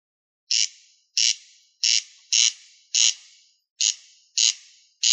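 Rail giving harsh, rasping notes, about eight in five seconds at uneven intervals, each with a short fading tail; no other sounds.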